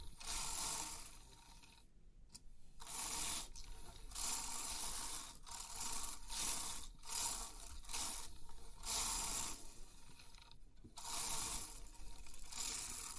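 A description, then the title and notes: Pin art pins are pressed and shifted, making a dense, crisp rattle of tiny clicks and rustles. The sound comes in sweeping bursts of a second or two, broken by brief silent pauses around two, five, eight and eleven seconds, with a soft low rumble underneath. Crisp 3D Pin Art Tingles(No Talking).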